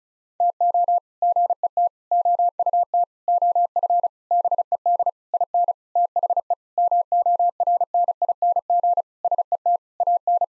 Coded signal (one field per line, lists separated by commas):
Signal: Morse code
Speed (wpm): 36 wpm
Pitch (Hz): 700 Hz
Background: none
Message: TO GET OUT OF BED IN THE MORNING SET AN